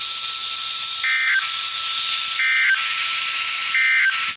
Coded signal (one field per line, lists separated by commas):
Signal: Emergency Alert System (SAME) tones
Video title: Another EAS Video that is not in Chicago... (EAS 161-163) 6/14/23